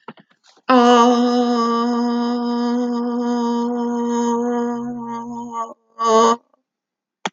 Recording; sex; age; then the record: vowel held as long as possible; female; 50 to 59 years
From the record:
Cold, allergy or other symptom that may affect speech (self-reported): no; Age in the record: 51 years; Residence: Arkansas, United States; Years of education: 6